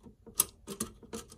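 A lock pick is turned the opposite way in the case lock of a Hermes 3000 typewriter carrying case to throw it back to locked. Soft scraping and ticking come from the pick working the lock, with a sharp click at 0.4 s. Further light clicks and rattles follow, and the case is now locked.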